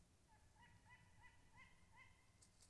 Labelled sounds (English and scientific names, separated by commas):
Tawny Owl (Strix aluco)